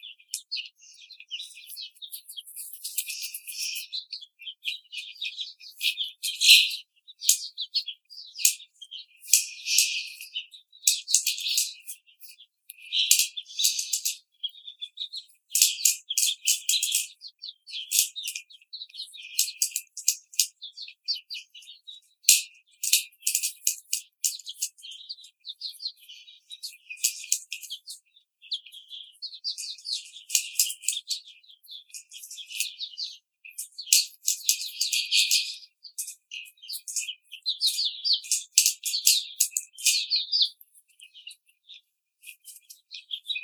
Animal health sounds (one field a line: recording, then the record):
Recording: young laying hens in a cage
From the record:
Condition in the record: treatment cage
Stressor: simulated dog barking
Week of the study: 5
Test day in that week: 1